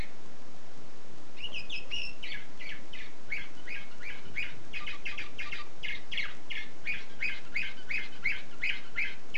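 Canary song, a steady rapid trill of repeated chirps about three per second after a brief opening phrase, against a constant hiss.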